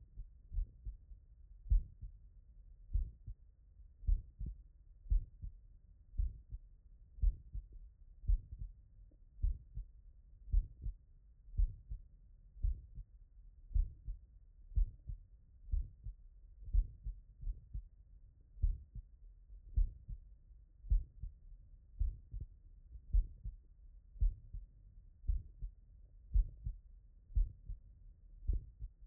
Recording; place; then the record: heart sounds by stethoscope; mitral valve (MV)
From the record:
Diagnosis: non-HFrEF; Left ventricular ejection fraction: 48%